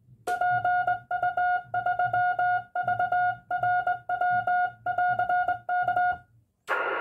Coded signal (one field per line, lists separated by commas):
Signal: Morse code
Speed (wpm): 20 wpm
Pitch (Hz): 720 Hz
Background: music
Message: PU3VRW<AR>K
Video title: VERY GOOD CW PATHERN #py1ax